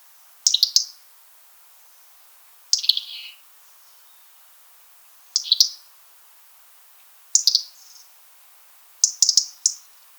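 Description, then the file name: European robin calls: short high sharp ticking notes, often in quick pairs or triplets, repeated every two seconds or so. "Erithacus rubecula"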